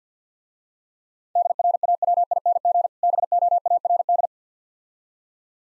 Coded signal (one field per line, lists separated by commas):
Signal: Morse code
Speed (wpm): 51 wpm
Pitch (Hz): 700 Hz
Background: none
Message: DRAWING BOARD